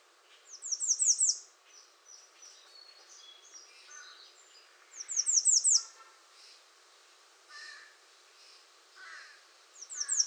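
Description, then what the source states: American redstart repeating its high, down-slurred five-note song roughly every four to five seconds, with other small birds twittering and chipping in the background. Recorded 21 June 2019.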